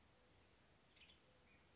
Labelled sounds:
Western Tanager
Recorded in Sonoma County, California

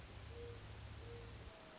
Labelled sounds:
Mourning Dove
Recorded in Sonoma County, California

